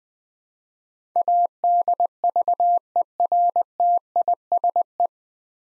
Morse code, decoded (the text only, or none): ADVERTISE